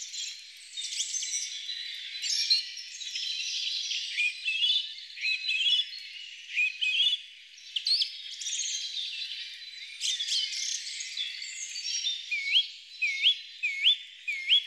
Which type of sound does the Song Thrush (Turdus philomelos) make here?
song